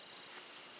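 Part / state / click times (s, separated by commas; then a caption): knife blade locking into lockback handle / not seated / none. The blade of a Camillus CamLite folding pocket knife with a glass-filled nylon handle is handled as it is swung open toward its lockback. Only faint, soft scratchy ticks and rustles are heard over a quiet hiss, with small bumps near 0.2, 0.3–0.4 and 0.5–0.6 seconds. Nothing has seated or clicked yet, because the lockback has not snapped into lock.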